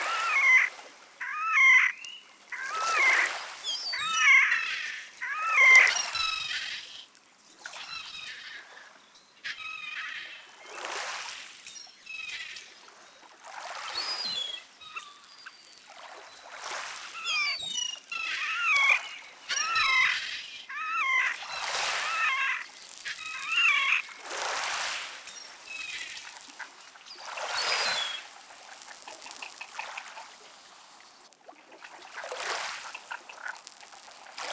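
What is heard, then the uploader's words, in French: Animal calls from a protected natural area come in quick chirping, warbling bursts of high, bright notes, recurring every second or two amid soft splashy noise. A base de field-recording, les espèces animales protégées du domaine de Rovorée s'y retrouvent représentées durant les différentes saisons.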